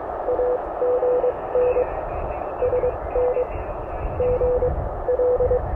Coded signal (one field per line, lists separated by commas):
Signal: Morse code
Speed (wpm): 23 wpm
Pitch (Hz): 500 Hz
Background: none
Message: AGN SN GL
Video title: K1 HAM Radio Beach Day.